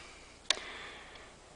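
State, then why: Seated. The cogged gear inside a Saab Trionic 7 electronic throttle body is rotated back by hand until it pops into its engaged position, which resets limp home mode. A single sharp pop sounds at 0.5 s, followed by a faint tick near 1.2 s over low background noise. The gear is seated, and the cogged wheel no longer moves when the throttle cable is moved.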